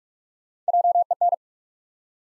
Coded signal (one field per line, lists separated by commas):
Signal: Morse code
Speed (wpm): 45 wpm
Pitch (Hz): 700 Hz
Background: none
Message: JEN